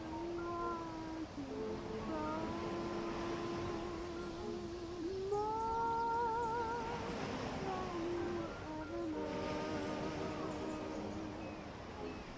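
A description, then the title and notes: Ocean waves make a steady, dense wash that stays even for the whole twelve seconds, swelling slightly around the middle. Over it run long, wavering mid-pitched tones with a few higher whistling cries, sliding up and down almost continuously, like gull calls overlapping. Ocean waves w/ birds, seagulls.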